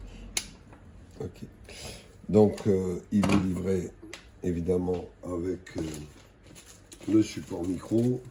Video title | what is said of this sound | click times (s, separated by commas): FTM200D YAESU radio VHF UHF présentation GoTechnique | et le clip de façade se clipse sur le côté ici voilà | 0.4 s